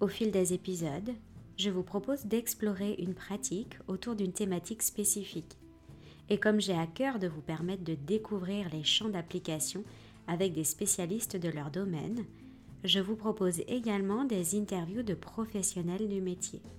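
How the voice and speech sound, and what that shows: An adult woman speaking French in a steady, fluent voice. Normal speech.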